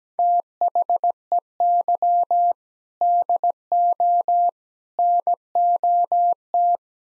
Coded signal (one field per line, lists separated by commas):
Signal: Morse code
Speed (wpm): 17 wpm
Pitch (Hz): 700 Hz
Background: none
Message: THEY DO NOT